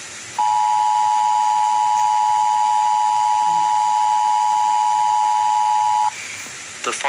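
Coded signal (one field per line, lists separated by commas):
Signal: Emergency Alert System (SAME) tones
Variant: 853 and 960 Hz attention tone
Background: speech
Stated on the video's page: Monthly EAS identification from station WACP4.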